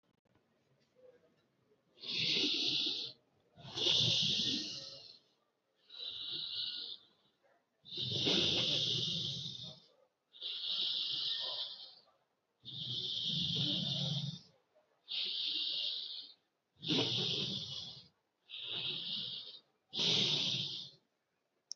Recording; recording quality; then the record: deep breathing; excellent, no background noise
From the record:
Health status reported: COVID-19 positive, moderate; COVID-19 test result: positive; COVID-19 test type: RT-PCR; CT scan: not taken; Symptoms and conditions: cough, cold, sore throat, fatigue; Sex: male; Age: 24 years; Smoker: yes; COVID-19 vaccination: both doses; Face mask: not worn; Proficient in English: yes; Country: India